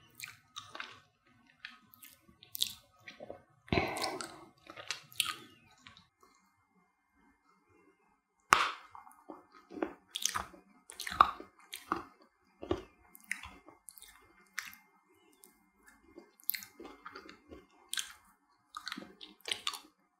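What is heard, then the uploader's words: Sugar candies are bitten and crushed in quick, sharp crunches, with wet chewing and soft smacking sounds filling the gaps. The crunches come in irregular bursts, loudest near the start and around eight seconds. A brief quieter pause falls between about six and eight seconds. ASMR Sugar Candies Crushing, Biting, Licking.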